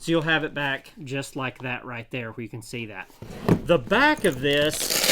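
Someone talks while handling a removable panel with two velcro strips that slides down into a Veto TP6B tool bag and is meant to snap into place. Toward the end there is brief rustling and jangling from the handling. Nothing has seated or clicked yet.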